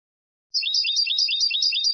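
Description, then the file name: European goldfinch twittering: a fast, even stream of high, tinkling notes running steadily without break. "Carduelis carduelis"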